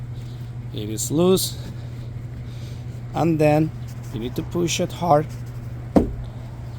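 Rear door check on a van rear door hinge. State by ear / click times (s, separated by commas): seated / 6.0 s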